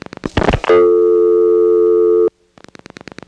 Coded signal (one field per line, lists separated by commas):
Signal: telephone call progress tone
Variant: North America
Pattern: dial tone